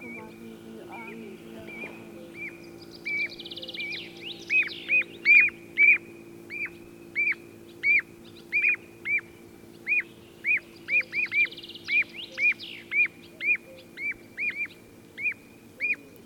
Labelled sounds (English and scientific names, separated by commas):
Common Ringed Plover (Charadrius hiaticula) call